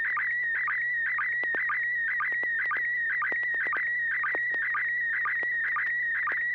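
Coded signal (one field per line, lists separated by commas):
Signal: SSTV (slow-scan television)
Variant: PD120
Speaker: All right, this will be PD 120.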